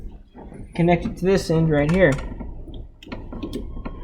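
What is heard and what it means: Someone talks while the quick-connect coupler of a fuel pressure gauge hose is brought to the metal test port fitting on a fuel rail for a fuel pressure test, followed by a few faint, brief handling taps near the end. The coupler has not yet been pushed home, and nothing has seated or clicked yet.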